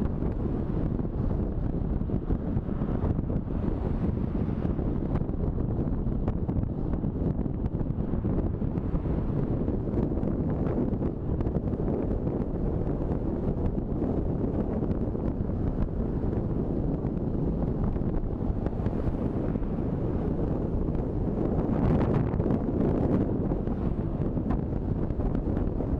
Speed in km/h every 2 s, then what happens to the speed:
36, 34, 32, 31, 30, 30, 32, 34, 35, 40, 43, 45, 46.
0-11 steady at about 31. 11-21 speeds up to 45.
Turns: none.